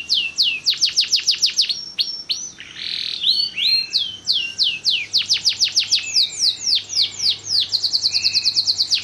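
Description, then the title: Canary song of fast repeated downslurred whistles in rapid series, with a brief harsh buzz midway and a high trill near the end. Kalitan-type canary singing actively (gacor) with long song phrases (suara panjang). "Kenari Kalitan Gacor Suara Panjang"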